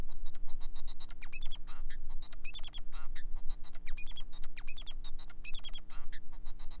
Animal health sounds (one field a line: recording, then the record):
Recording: song of a male Bengalese finch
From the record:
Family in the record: son of father 4